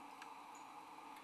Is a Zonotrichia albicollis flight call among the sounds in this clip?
no